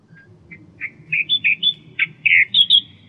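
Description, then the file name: Australian reed warbler song: a building sequence of harsh chirps and fuller churring notes, repeated in rapid succession, with a constant low hum behind. "suara kicauan burung kerakbasi australia. omkicau"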